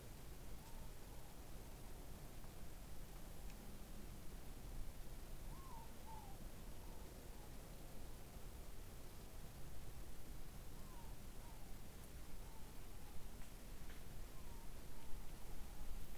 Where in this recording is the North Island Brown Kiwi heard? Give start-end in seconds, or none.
none